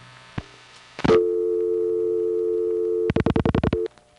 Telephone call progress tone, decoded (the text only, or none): dial tone